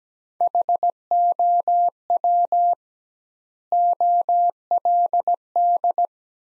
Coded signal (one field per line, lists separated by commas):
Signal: Morse code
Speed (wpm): 17 wpm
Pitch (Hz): 700 Hz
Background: none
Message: HOW OLD